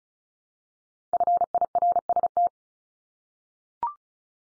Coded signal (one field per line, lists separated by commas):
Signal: Morse code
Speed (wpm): 34 wpm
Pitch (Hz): 700 Hz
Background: none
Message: FIRST